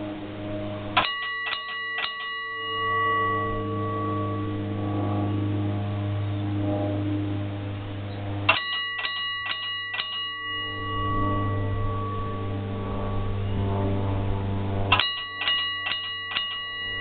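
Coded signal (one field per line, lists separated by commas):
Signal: bell signal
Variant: ship engine room bell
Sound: quick groups of about five metallic bell strikes, repeated three times, ringing out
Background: low engine room rumble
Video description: A run through of engineer bell signals. The bell or whistle signals were used as a means of communicating engine commands from the wheelhouse to the engine room.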